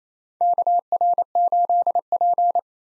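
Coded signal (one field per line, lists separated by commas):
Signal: Morse code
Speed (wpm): 28 wpm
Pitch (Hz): 700 Hz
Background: none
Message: KR8P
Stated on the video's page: Morse practice drill at 28 wpm: common POTA hunter callsigns, each sent twice, for head-copy drills.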